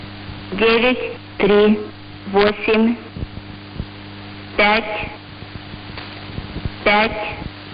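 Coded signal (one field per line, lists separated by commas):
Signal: numbers station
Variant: S06s, Russian female voice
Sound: a woman's voice reading short single words, spaced by pauses, over hum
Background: radio hum and noise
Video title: 20 07 2021 Number station S06s Russian Lady in Russian to Eu 0733 on 7365 unknown tx site in CUSB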